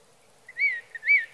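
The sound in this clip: Sage thrasher whistled notes, two bright slurred phrases about half a second apart, each preceded by a short soft note, with quiet surroundings.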